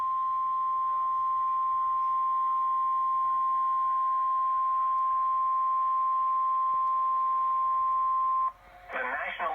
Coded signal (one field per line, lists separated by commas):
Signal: Emergency Alert System (SAME) tones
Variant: 1050 Hz attention tone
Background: speech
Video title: SVR #10 on KHQ-DT (EAS #1083)